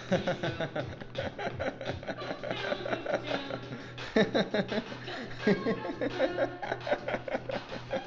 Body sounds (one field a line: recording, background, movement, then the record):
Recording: laughter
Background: music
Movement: sitting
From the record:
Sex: male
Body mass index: 22.0 kg/m2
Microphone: on the chest, facing outward